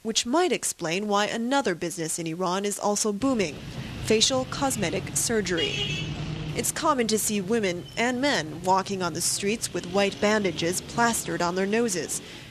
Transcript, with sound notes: Which might explain why another business in Iran is also booming—facial cosmetic surgery. [The sound of busy Tehran streets.] It’s common to see women—and men—walking on the streets with white bandages plastered on their noses.